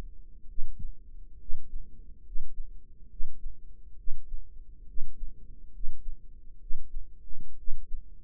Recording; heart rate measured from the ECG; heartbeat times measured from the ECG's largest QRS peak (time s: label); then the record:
heart sounds by microphone in the right ear; 68 bpm
0.49 s: heartbeat
1.41 s: heartbeat
2.26 s: heartbeat
3.11 s: heartbeat
3.98 s: heartbeat
4.88 s: heartbeat
5.74 s: heartbeat
6.61 s: heartbeat
7.58 s: heartbeat
From the record:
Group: healthy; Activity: rest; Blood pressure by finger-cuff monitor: 143/88 mmHg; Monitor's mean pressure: 102 mmHg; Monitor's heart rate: 69 bpm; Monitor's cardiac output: 7.5 L/min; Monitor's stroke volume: 108 mL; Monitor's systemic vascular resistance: 1010 dyn s/cm5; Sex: male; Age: 30 years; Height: 188 cm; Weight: 110.2 kg